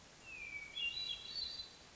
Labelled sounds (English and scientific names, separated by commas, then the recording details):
Hermit Thrush (Catharus guttatus)
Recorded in Sonoma County, California